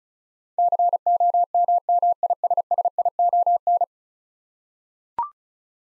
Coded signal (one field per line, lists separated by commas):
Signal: Morse code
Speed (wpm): 36 wpm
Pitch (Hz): 700 Hz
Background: none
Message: COMMISSION